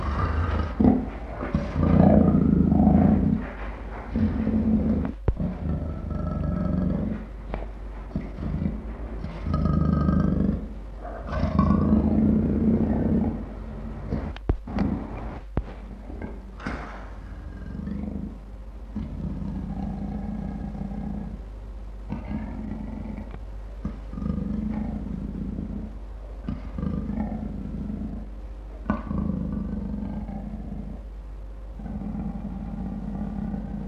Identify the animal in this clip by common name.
Leopard